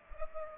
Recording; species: mosquito wingbeat signal from an infrared sensor; Culex pipiens